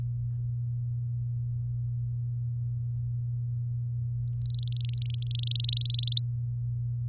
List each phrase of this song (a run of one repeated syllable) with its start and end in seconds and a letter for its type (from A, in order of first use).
4.42-5.71 A, 5.72-6.19 B